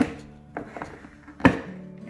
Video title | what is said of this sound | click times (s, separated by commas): Unboxing & Overview: Seville Classic 24 Bin Shelving Unit Rack | they just snap into place so now you've got a nice divider for the big shelf | 1.5 s